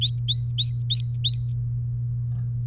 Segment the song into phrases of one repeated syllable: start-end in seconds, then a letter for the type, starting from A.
0.01-1.52 A